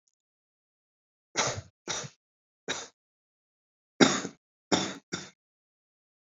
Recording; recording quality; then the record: heavy voluntary cough; excellent, no background noise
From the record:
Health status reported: respiratory illness, not identified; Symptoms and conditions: breathing difficulty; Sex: male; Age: 22 years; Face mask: not worn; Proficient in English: yes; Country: India